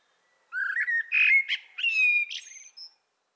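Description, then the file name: Common blackbird delivering one long phrase: mellow warbling whistles that steady into a clear held note, then finish with a brief high squeaky flourish. "Turdus merula"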